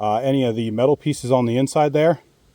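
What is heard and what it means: A man talks while a Boostauto tow mirror's wiring harness connector is handled and lined up with its mating plastic connector on the truck harness, so the metal pieces inside aren't pinched. Nothing has seated or clicked yet; the connector is not yet home.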